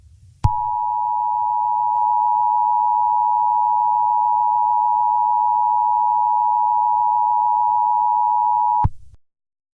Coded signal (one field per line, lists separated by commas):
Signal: Emergency Alert System (SAME) tones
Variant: 853 and 960 Hz attention tone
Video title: EAS scenario | The Attack PT 2